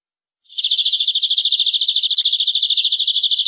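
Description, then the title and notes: Canary song: a sustained fast trill of ringing high notes with a fainter, higher overtone running above it. "BM Suara Kenari. BM Suara Burung Kenari"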